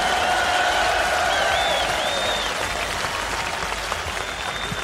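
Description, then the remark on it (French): A concert audience applauds loudly and steadily for the string players (violins and cellos) on stage, a dense wash of clapping with some whistles and cheers rising above it, sustained throughout with no break. “Et puis j'aimerais vous entendre applaudir très fort les jolies jeunes filles qui jouent les cordes, les violons, les violoncelles ce soir avec nous sur scène.”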